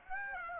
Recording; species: mosquito wingbeat signal from an infrared sensor; Aedes aegypti